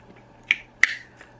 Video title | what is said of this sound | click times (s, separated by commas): Decepticon Galvatron Action Figure - This Is Bad Comedy (Legacy Series Takara Leader Class) | and it makes a nice solid click that holds it in there and then we | 0.5 s, 0.8 s